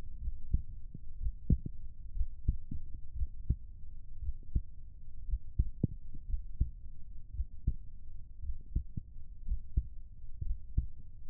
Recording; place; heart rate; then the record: heart sounds by stethoscope; pulmonary valve (PV); 58 bpm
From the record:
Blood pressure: 116/67 mmHg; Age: 27 years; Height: 171 cm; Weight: 69 kg